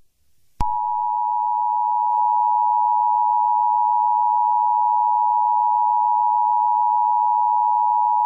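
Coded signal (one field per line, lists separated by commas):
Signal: Emergency Alert System (SAME) tones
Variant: 853 and 960 Hz attention tone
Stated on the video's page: Fictional EAS scenario about a Yellowstone eruption, not a real alert.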